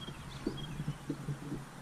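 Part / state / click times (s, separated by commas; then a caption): electrical connector onto ignition coil / not seated / none. A plastic electrical connector is pressed all the way onto the ignition coil of a 2008 Acura TL Type S, heard as a few soft, dull low bumps over a steady low hum. Nothing clicks, though the connector seems fully in, likely because it is an old connector.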